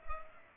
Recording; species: mosquito wingbeat signal from an infrared sensor; Culex pipiens